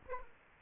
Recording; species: mosquito wingbeat signal from an infrared sensor; Aedes aegypti